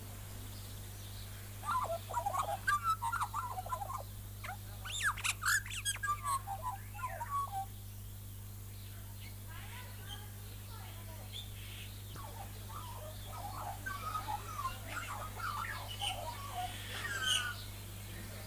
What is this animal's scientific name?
Gymnorhina tibicen